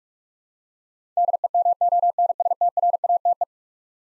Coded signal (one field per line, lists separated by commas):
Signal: Morse code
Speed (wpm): 41 wpm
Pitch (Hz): 700 Hz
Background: none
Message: DEMONSTRATE